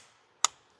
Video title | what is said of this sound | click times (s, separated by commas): I LOVE My GTR So I Bought Another Twin-Turbo V6 AWD Auction Car For 50% Off! Fixed For 30 Dollars! | satisfying clicks your second pass is a 45° angle honestly | 0.5 s